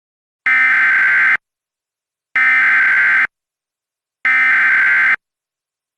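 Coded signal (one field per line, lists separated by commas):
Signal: Emergency Alert System (SAME) tones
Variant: header bursts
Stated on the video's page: Reenactment mock of a severe thunderstorm warning with valid EAS tones, made with edited headers and audio editing.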